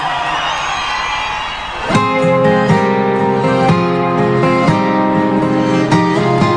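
An audience claps, cheers and whoops loudly for about two seconds, then a band kicks in with steady, sustained chords and regular drum hits over the fading crowd.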